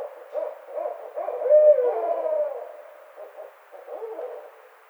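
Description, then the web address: Barred owl calling, with rapid overlapping hoots rising to a long quavering call, then softer scattered hoots. Recorded on 29 May 2009. "sounds birds Barred Owl 2009 05 29 Barred Owl"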